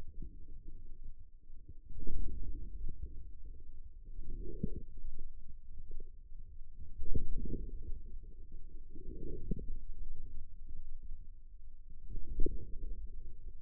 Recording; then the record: forearm muscle sounds (acoustic myography)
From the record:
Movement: inward rotation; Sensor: system 2, bracelet of six BSWA MPA416 microphones around the upper forearm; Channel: 3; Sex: male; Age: 22 years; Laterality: right